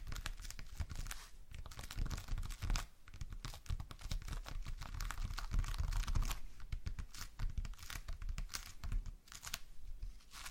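Slime being squished and pulled, a dense run of wet crackles, pops and tearing sounds that never really stops. Bursts come every fraction of a second with bright crinkly edges and a soft low squelch beneath, swelling slightly around the middle.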